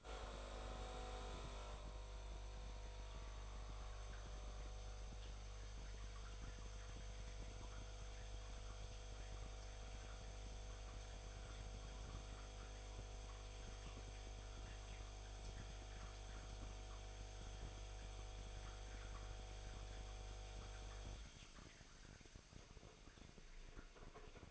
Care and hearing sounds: daily activity, microphone in the room; make coffee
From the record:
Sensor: 5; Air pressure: 1002.1 hPa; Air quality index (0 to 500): 219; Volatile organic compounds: 25 ppm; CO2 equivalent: 2845 ppm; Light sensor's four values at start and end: 10/23/9/10 and 10/23/9/10

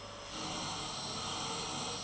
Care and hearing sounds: daily activity, microphone in the room; vacuum cleaning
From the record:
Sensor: 4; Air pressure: 996.0 hPa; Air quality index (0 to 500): 47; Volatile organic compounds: 1 ppm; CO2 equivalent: 751 ppm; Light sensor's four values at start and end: 18/48/18/19 and 18/48/18/20

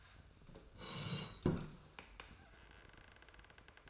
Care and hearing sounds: daily activity, microphone in the room; sit down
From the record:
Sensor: 2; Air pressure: 1005.0 hPa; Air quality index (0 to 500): 100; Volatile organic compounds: 2 ppm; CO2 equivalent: 1212 ppm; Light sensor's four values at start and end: 7/17/7/7 and 8/18/7/7

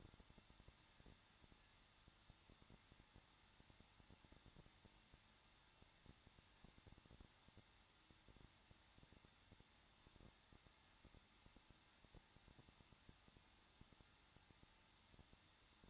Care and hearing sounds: daily activity, microphone in the room; no activity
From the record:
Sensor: 3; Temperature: 21.2 degrees Celsius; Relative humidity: 36.4%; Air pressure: 1006.3 hPa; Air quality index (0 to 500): 224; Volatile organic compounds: 44 ppm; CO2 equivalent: 3205 ppm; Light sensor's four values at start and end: 2/3/2/2 and 2/3/2/2

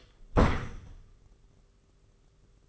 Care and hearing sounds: daily activity, microphone in the room; close door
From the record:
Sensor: 4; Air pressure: 991.2 hPa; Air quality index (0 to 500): 134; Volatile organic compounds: 47 ppm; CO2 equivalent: 3261 ppm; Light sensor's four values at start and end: 10/22/9/9 and 9/22/8/9

